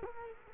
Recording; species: mosquito wingbeat signal from an infrared sensor; Culex quinquefasciatus